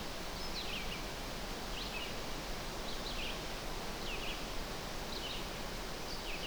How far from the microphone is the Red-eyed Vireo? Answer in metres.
about 55 m